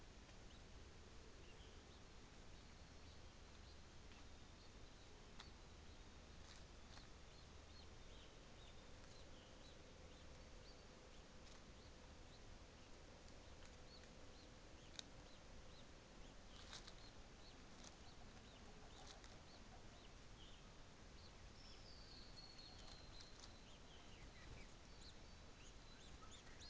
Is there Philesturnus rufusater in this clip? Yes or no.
no